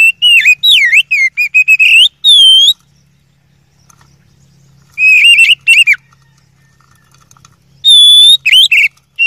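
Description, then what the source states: Oriental magpie-robin song with repeated swooping whistled phrases and a long clear note, in three bursts separated by pauses. Masteran training song of a first-place champion kacer.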